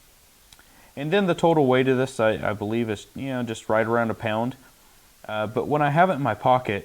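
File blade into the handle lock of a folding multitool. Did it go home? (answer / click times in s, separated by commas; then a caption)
yes / 0.5 s. The hardened steel file blade of a Leatherman Wave+ folding multitool is swung open until it locks into the handle, with a single sharp click at 0.5 s. Someone then talks for the rest of the clip. The file blade is seated and locked open.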